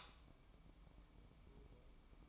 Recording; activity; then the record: daily activity, microphone in the room; light off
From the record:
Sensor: 1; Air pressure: 1008.0 hPa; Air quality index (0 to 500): 122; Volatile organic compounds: 2 ppm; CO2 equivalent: 1028 ppm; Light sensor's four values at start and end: 17/53/21/22 and 8/20/8/8